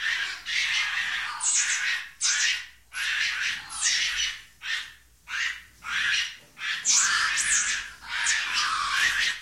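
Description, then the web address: Monkey screeching calls: harsh, noisy shrieks in irregular bursts with brief gaps throughout. "animali scimmie scimmie monkey"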